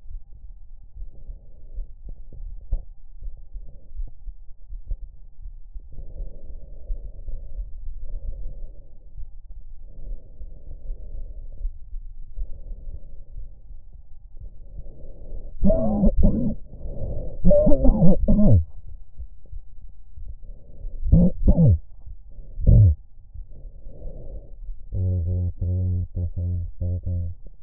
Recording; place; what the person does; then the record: lung sounds by stethoscope; left anterior apical chest; quiet breathing, then cough and speech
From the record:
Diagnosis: none (healthy); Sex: male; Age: 34 years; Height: 174 cm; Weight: 93 kg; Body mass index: 30.7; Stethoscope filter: extended mode